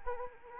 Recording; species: mosquito wingbeat signal from an infrared sensor; Anopheles arabiensis